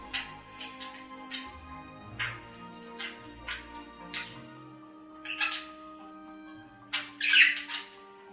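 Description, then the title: Budgerigar calls: scattered short chirps and squawks over a low hum, ending with a louder screech. "Budgie Sounds"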